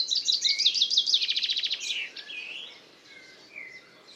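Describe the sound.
Common chaffinch song: quick, loud, falling notes that run into a rattling trill and close with a brief flourish, followed by faint whistles from other birds.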